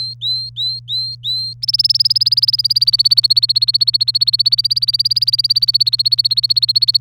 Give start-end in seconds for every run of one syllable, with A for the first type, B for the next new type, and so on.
0.00-1.53 A, 1.62-6.97 B